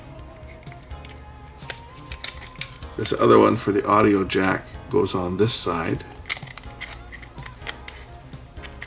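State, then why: Not seated. An audio jack piece is handled next to its side of a plastic housing, where small tabs will hold it, with light taps and handling ticks over quiet background music while someone talks in the middle of the clip. Nothing has seated or clicked into place yet.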